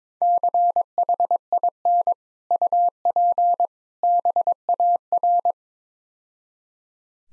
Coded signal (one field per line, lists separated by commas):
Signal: Morse code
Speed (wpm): 22 wpm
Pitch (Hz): 700 Hz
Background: none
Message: CHIN UP BAR